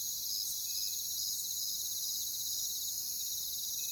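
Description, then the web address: Crickets in a shrill, dense chorus, with repeated pulsing chirps over a constant high-pitched trill. "WLL Grade 1-12 Pre-Uni Library Natures Songs Sleep Sounds of Nature CRICKETS Crickets"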